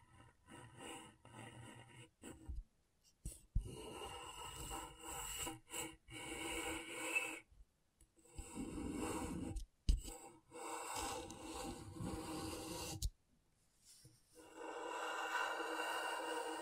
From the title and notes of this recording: ASMR Brain Tingling Scratchboard (No Talking).